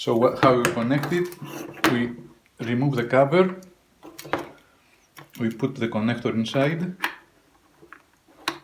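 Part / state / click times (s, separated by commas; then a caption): cable connector into the device's twist-lock socket / seated / 8.5 s. A cable connector is pushed into a device's twist-lock socket and turned a quarter turn to lock it, while someone talks over scattered small handling knocks. A sharp click at 8.5 s marks the connector seating and locking securely in place.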